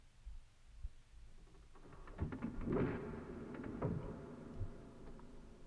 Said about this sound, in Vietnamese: Hai tay của anh khẽ kéo lên, chúng tôi thấy từ trên bức tường phía sau long ỷ vọng lại những tiếng lộc cà lộc cộc rất lớn.